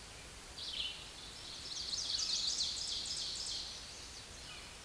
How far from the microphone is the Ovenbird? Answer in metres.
about 20 m